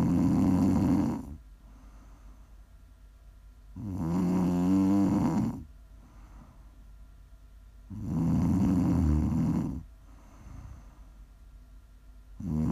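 An adult snores during sleep: loud, rattling snores come about every four seconds, roughly 14 a minute, each lasting one to two seconds with quiet breathing in between. The rough, buzzing tone is ordinary snoring from vibration of the soft palate and throat.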